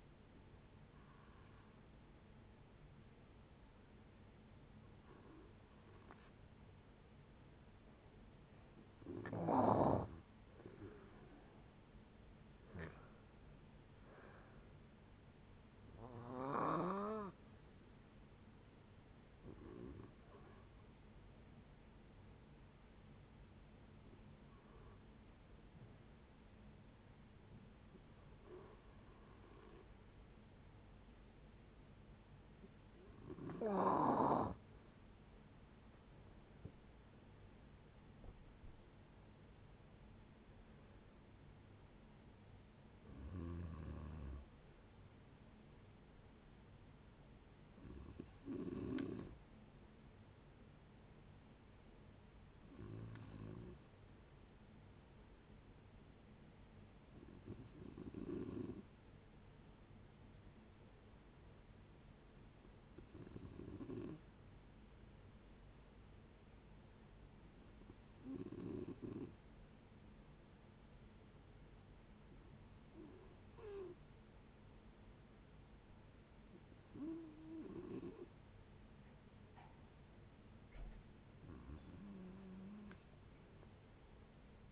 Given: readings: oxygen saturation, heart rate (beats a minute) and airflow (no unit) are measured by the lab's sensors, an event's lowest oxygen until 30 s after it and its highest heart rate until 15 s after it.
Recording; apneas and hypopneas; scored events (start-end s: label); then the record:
a person awake in a sleep study, by a voice recorder at the bedside; none
0.00-84.72 s: awake
0.00-84.72 s: awake
From the record:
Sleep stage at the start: awake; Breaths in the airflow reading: 28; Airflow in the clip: -0.7 to 0.7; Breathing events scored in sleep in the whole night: 496 in 5.4 hours asleep